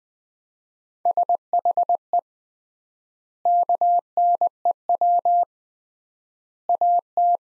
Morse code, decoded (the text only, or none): SHE KNEW AT